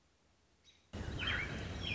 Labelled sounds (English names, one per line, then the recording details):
American Robin
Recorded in Sonoma County, California